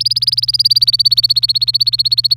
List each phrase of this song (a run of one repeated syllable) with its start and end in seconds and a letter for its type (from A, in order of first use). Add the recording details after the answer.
0.00-2.36 A. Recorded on 26 April 2018 at 17:53. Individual llb3